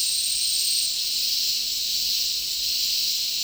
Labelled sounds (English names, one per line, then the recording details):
none
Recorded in dense forest near Puerto Asís, Putumayo, Colombia, on 20 February 2024 at 09:30
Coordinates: 0.499, -76.324
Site G6469